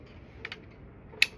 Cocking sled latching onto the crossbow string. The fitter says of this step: push it down you'll hear it click um